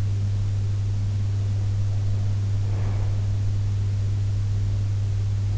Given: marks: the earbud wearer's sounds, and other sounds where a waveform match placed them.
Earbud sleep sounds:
sounds in sleep by an in-ear microphone; breath
2.33-3.78 s: breath

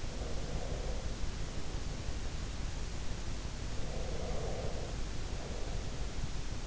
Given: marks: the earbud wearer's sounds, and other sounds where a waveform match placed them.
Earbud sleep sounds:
sounds in sleep by an in-ear microphone; breath
0.13-2.67 s: breath
3.77-6.24 s: breath

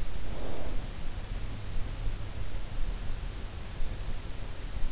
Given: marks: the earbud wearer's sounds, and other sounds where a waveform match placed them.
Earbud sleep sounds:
sounds in sleep by an in-ear microphone; snoring breath
0.25-1.02 s: snoring breath

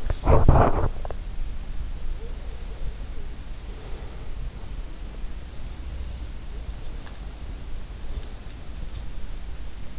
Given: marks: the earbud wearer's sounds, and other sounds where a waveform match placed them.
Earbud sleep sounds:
sounds in sleep by an in-ear microphone; swallowing
0.00-1.10 s: swallowing

